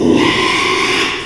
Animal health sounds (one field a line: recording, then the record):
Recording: squeal of a Yucatan mini pig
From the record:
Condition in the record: after surgery on the right vocal fold (resection and tissue-engineered implant)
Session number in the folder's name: 1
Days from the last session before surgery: 6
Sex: male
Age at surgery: 12 weeks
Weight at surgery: 13 kg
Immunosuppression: cyclosporine, prednisolone